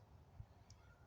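A stainless surgical-steel replaceable blade is fitted back onto the handle of a field knife after being released with its button. A sharp, short click at 0.7 s marks the blade locking into place. The rest of the clip holds only a low background rumble.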